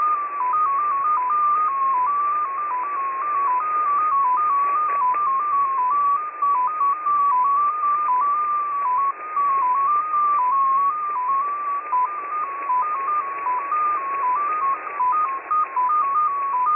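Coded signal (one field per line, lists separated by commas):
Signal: multi-tone FSK (Olivia or MFSK type)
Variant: XPA2, 14-tone MFSK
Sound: steady stream of a single tone hopping between close pitches several times a second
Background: radio static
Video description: XPA2 is a digital mode of the Russian 7 operator. It utilizes a custom 14-tone MFSK system.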